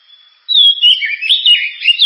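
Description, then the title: Oriental magpie-robin song: a thin steady whistle, then a loud rush of warbled, rolling notes. Loud, sharp 'gacor' (constantly singing) kacer song, described as suited for use as 'pancingan' to prompt other birds to sing. "Kacer Gacor Suara Tajam. Kacer Gacor Suara Super Kenceng Cocok untuk Pancingan"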